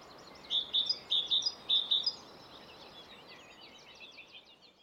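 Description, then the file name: Great tit giving a short run of ringing two-note phrases, then fading out as softer, thin twittering from other small birds continues. "Parus major"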